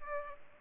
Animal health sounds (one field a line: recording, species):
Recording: mosquito wingbeat signal from an infrared sensor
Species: Culex pipiens